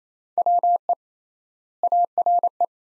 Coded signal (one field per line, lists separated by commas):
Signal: Morse code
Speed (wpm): 27 wpm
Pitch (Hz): 700 Hz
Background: none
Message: WE ARE